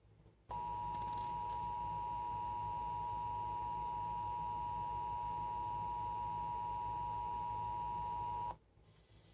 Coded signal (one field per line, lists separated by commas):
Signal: Emergency Alert System (SAME) tones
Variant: 853 and 960 Hz attention tone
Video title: TV EAS 21 and Radio EAS 13 - TOA 3